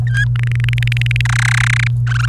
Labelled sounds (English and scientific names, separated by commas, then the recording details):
Domestic Canary (Serinus canaria) song
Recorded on 29 April 2018 at 16:42
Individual llb3